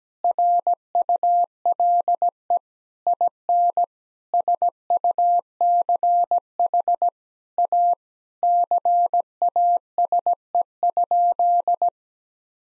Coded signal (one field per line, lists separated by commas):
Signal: Morse code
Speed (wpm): 17 wpm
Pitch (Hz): 700 Hz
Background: none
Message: RULE IN SUCH A CASE?